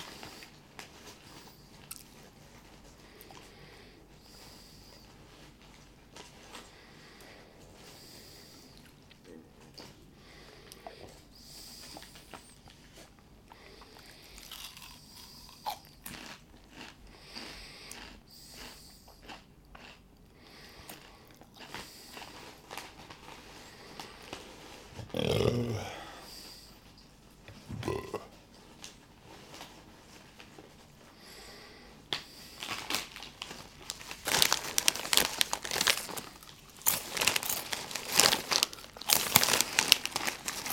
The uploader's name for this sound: Chips & Soda